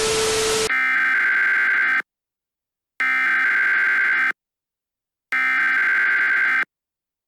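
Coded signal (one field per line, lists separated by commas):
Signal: Emergency Alert System (SAME) tones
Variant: header bursts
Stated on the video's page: Fictional animated horror EAS scenario; simulated alert.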